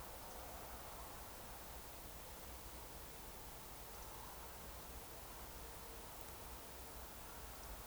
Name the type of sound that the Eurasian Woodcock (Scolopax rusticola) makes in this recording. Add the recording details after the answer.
whistle. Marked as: whistle, whistle, whistle. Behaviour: display flight. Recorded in Baden-Württemberg, Germany, on 29 June 2020 at 02:30 UTC. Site 43791, 788 m above sea level